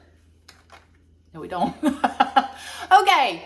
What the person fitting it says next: I've clicked it I heard the click now we have our attachment in